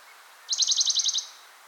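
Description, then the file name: Western Bonelli's warbler song: a single dry, rattling trill of about nine quick notes, lasting under a second, over a quiet hiss. "pouillotdebonelli"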